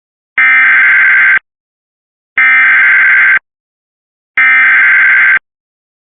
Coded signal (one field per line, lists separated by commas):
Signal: Emergency Alert System (SAME) tones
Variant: header bursts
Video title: Flash Flood Warning EAS (Cox) 6/18/2025